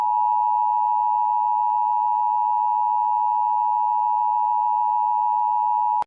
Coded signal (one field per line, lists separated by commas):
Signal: Emergency Alert System (SAME) tones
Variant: 853 and 960 Hz attention tone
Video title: EAS Scenario #4 - Ghost Bomb (Read description)